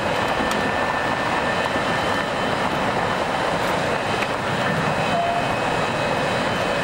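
A steady, loud airplane engine drone runs throughout, a dense rumbling roar with a faint high whine on top, holding an even level without pause as the aircraft taxis.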